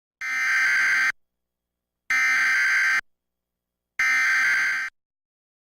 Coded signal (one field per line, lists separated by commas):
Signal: Emergency Alert System (SAME) tones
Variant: header bursts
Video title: (Fail) Southeast Michigan Required Monthly Test (EAS #1000)